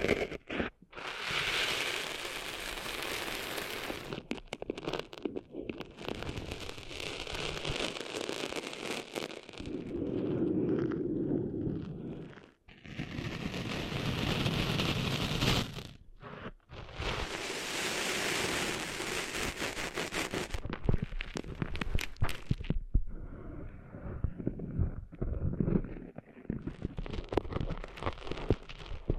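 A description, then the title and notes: Cleaning sand out of an ear makes dense, scratchy rustling and crackling that comes in bursts, with brief silences near 12 and 16 seconds. The loudest stretches are at the start and around 17 to 22 seconds, and the last few seconds turn thinner and softer. ASMR Cleaning Sand Out of Your Ears (No Talking).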